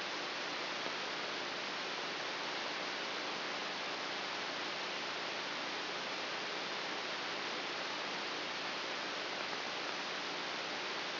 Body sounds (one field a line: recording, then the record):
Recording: brain microelectrode recording played as sound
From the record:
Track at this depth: inside the subthalamic nucleus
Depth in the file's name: 4.401 mm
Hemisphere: right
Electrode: 3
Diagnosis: Parkinson's disease